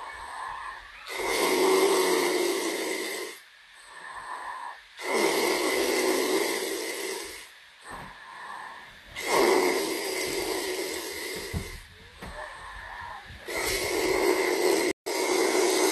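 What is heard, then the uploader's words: Snoring runs in a slow, regular rhythm, with four loud, raspy inhales at about 1, 5, 9 and 13 seconds, each lasting two to three seconds. Softer, airy exhales fill the gaps between them. A brief click sounds near the end. Snoring ASMR.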